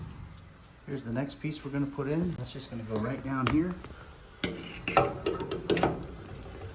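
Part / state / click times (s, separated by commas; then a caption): metal smoker component into smoker cabinet / seated / 5.7 s. A metal assembly piece of a Masterbuilt electric smoker, likely the drip tray part, is pushed down into its slot in the metal smoker cabinet while someone talks. Soft metallic handling knocks lead up to a sharp, short snap at 5.7 s as the piece seats in place.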